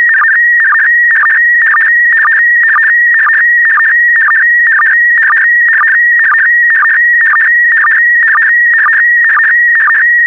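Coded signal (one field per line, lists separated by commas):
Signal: SSTV (slow-scan television)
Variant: PD120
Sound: steady warbling high tone with short low chirps about twice a second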